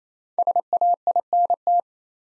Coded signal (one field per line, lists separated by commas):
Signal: Morse code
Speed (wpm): 28 wpm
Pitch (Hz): 700 Hz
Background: none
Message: SAINT